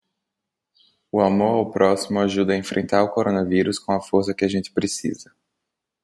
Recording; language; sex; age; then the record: spoken sentence; Brazilian Portuguese; male; 20 to 29 years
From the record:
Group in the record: control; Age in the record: 22 years